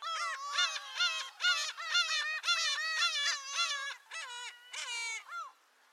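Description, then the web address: Bird giving nasal, harmonic-rich honking calls in a rapid run of about a dozen notes, thinning out toward the end. "sound animal bird"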